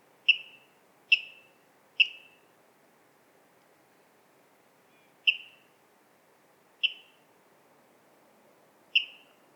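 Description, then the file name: Water rail giving sharp, high, clipped notes: three in quick succession, a long pause, then three more spaced irregularly, against a quiet background. "Waterral Rallus aquaticus"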